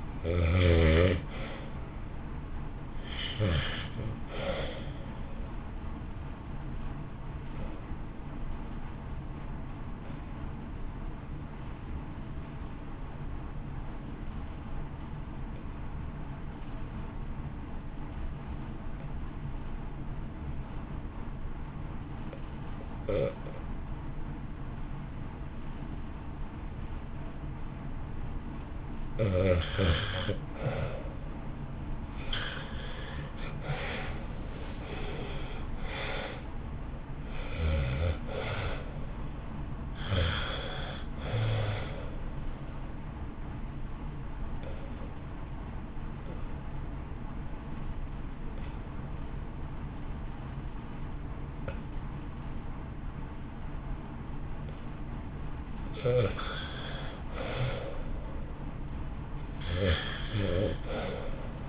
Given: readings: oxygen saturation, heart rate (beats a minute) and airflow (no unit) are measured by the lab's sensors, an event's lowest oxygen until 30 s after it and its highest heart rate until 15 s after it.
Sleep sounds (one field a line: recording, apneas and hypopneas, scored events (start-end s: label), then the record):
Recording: breathing in sleep by a smartphone at the bedside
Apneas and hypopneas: 2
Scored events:
9.00-29.50 s: obstructive apnea (REM, oxygen 80% highest, then 66% lowest, heart rate 58 at the start, 75 highest)
44.00-55.60 s: obstructive apnea (REM, oxygen 82% highest, then 66% lowest, heart rate 68 at the start, 68 highest)
From the record:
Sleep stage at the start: REM sleep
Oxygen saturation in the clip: 66 to 87%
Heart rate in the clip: 54 to 75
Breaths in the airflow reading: 13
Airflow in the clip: -1.2 to 1.3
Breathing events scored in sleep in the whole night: 328 in 6.3 hours asleep